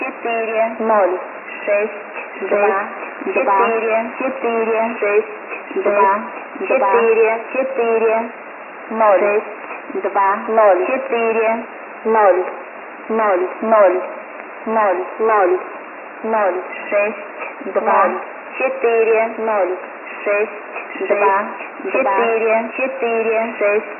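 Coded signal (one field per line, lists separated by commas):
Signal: numbers station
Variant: S06s, English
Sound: voice reading digits over radio, two overlapping digit streams, muffled band-limited audio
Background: radio static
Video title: S06s Plays 2 Messages At Once 31-03-2011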